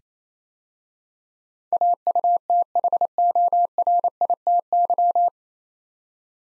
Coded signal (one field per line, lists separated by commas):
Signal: Morse code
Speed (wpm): 27 wpm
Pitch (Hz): 700 Hz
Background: none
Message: AUTHORITY